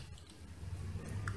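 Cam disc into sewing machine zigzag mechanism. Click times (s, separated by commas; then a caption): 1.3 s. A cam disc is pressed into the zigzag mechanism of a Singer sewing machine under repair for breaking needles and not sewing; the holder has a small lock so the discs can be swapped. Soft handling and squishy rubbing sounds are followed by a sharp click at 1.3 s. The disc is seated and locked in, and will not come out unless pried out with a small lever.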